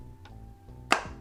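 A woven MagSafe-style magnetic card wallet is pulled off the back of a smartphone and snapped back on. A faint tick sounds at 0.3 s, then a sharp, loud magnetic snap at 0.9 s as the wallet seats firmly onto the phone back.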